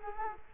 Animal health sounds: mosquito wingbeat signal from an infrared sensor; Culex quinquefasciatus

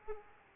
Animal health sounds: mosquito wingbeat signal from an infrared sensor; Aedes aegypti

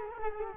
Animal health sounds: mosquito wingbeat signal from an infrared sensor; Culex quinquefasciatus

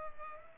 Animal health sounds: mosquito wingbeat signal from an infrared sensor; Culex pipiens

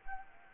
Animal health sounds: mosquito wingbeat signal from an infrared sensor; Anopheles arabiensis

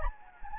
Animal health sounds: mosquito wingbeat signal from an infrared sensor; Anopheles gambiae

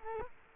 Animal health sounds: mosquito wingbeat signal from an infrared sensor; Culex quinquefasciatus

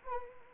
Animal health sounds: mosquito wingbeat signal from an infrared sensor; Anopheles arabiensis

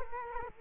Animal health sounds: mosquito wingbeat signal from an infrared sensor; Culex quinquefasciatus

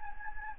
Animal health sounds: mosquito wingbeat signal from an infrared sensor; Anopheles gambiae

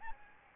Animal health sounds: mosquito wingbeat signal from an infrared sensor; Aedes albopictus

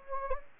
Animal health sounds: mosquito wingbeat signal from an infrared sensor; Anopheles gambiae

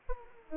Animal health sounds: mosquito wingbeat signal from an infrared sensor; Aedes aegypti

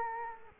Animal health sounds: mosquito wingbeat signal from an infrared sensor; Culex quinquefasciatus

